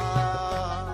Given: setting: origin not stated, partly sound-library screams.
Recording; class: one-second piece from a danger detection set; normal situation